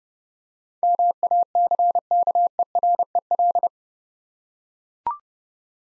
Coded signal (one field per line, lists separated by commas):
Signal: Morse code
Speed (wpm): 30 wpm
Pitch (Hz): 700 Hz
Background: none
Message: MACKEREL